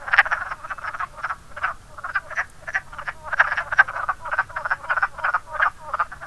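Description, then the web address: Wood frogs croaking, a run of short hoarse clucks in irregular bursts, a few frogs overlapping. "zoology woodfrog"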